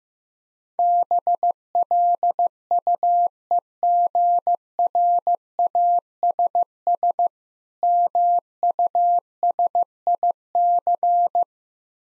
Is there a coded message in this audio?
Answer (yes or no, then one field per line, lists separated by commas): yes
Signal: Morse code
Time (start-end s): 0.8-11.4 s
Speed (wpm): 15 wpm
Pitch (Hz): 700 Hz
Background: none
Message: BLUEGRASS MUSIC